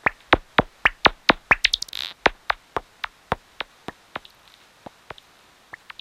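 Common noctule echolocation calls heard as sharp dry clicks, repeated about four times a second, slowing and fading toward the end, with one brief tonal blip midway.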